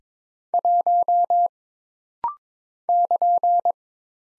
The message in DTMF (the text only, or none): none